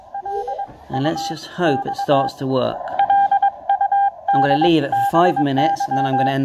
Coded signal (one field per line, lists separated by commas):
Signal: Morse code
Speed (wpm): 22 wpm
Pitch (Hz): 800 Hz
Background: speech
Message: L U X LUD BY